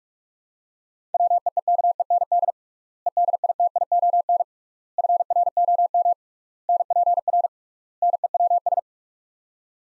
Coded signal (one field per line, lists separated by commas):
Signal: Morse code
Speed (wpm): 42 wpm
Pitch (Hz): 700 Hz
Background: none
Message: WEEKEND EDITION FROM NPR NEWS